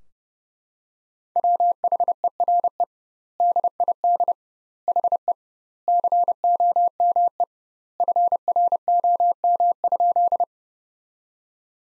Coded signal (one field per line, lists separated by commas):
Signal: Morse code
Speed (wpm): 30 wpm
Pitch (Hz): 700 Hz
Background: none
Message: WHERE DID HE COME FROM?